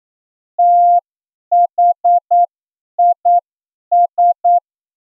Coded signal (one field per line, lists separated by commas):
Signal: Morse code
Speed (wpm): 9 wpm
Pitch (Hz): 700 Hz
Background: none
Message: THIS